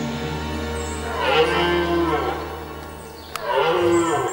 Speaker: De brons van het edelhert is gestart en de ochtendrust is van korte duur